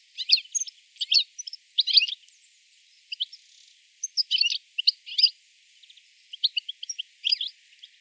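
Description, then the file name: European goldfinch giving short clustered twittering calls, liquid chirps in quick bursts with brief, uneven pauses between groups. "Carduelis carduelis"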